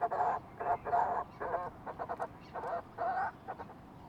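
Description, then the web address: Fulmar prion calls: a run of harsh, croaking bursts, some drawn out and some short and stuttering, repeated irregularly over a steady background hiss. "sound fulmar-prion. صدای-پرنده-پریان-بدبو"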